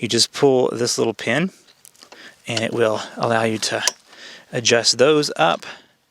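Someone talks while pulling the little pin on the transport wheel bracket of a Rock and Rocker electric tiller to adjust its metal transport wheels up. A few faint, brief clicks come from handling between 1.9 and 2.1 s. The wheels have not yet popped into place in the tiller frame, so nothing has seated or clicked home by the end.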